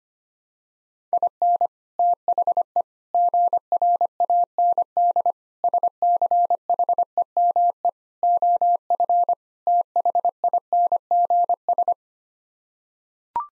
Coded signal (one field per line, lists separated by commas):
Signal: Morse code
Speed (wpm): 25 wpm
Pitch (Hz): 700 Hz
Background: none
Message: IN THE GRAND SCHEME OF THINGS